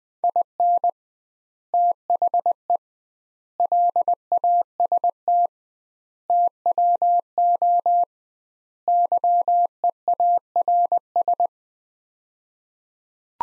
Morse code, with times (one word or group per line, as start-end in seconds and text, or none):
0.2-0.9 IN
1.7-2.8 THE
3.6-5.5 LAST
6.3-8.0 TWO
8.9-11.5 YEARS